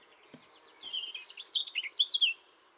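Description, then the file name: European robin warbling a soft phrase of thin high whistles and trills, with a light background hiss and a low thump early on. "Erithacus rubecula"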